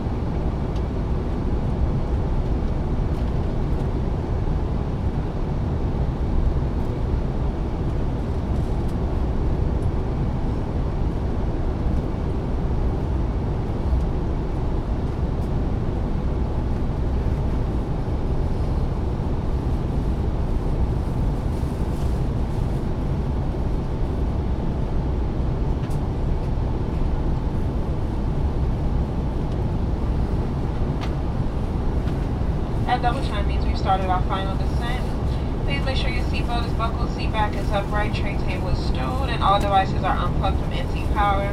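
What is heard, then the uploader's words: Airplane cabin noise during a flight: a steady, dense low roar that holds evenly for the whole stretch. Near the end, from about 33 seconds on, a voice speaks over the drone, likely a cabin announcement, with quick brighter syllables sitting above the constant rumble. Full Flight From Ft.Lauderdale To San Juan, Puerto Rico. Ambient Sounds, Talking Sounds, White Noise, Plane Sounds, Flight Sounds, Flight Announcements, Chatting, Engine Sounds, Mechanical Sounds.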